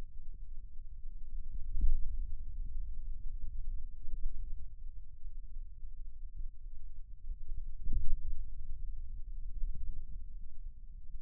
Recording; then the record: forearm muscle sounds (acoustic myography)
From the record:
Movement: finger pinch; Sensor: system 2, bracelet of six BSWA MPA416 microphones around the upper forearm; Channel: 1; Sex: male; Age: 22 years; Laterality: right